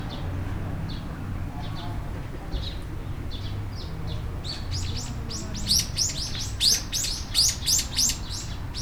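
Bird chirps, faint at first, then a rapid series of high, sharp chirps in the second half over a low rumbling background.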